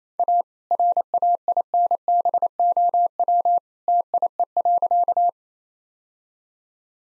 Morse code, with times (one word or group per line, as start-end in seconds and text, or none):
0.2-0.4 A
0.7-3.6 RAINBOW
3.9-5.3 TIE.